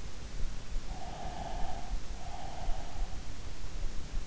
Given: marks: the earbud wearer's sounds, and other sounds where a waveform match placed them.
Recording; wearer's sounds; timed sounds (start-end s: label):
sounds in sleep by an in-ear microphone; breath
1.11-3.29 s: breath